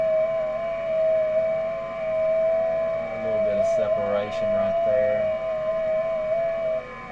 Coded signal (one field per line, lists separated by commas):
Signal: FT8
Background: speech